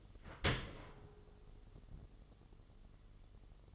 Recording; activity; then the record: daily activity, microphone in the room; open dishwasher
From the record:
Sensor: 4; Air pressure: 1015.8 hPa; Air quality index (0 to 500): 111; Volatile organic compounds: 2 ppm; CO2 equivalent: 1253 ppm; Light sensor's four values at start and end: 9/19/7/7 and 8/18/7/7